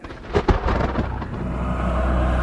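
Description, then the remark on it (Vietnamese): Thunder rumbles and rolls, with sharp loud cracks in the first second giving way to a sustained, deep, steady roar that builds slightly toward the end. “Dạ xoa Tỳ Cung Thiên gào lên một tiếng thấu trời, được phụ họa bởi những trận sấm chớp vô hồi tận.”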